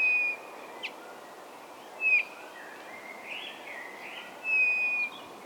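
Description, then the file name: Bird giving thin, level whistled notes about every two seconds, with a few faint chirps and a soft warbling phrase between, over steady background hiss. "XENO CANTO"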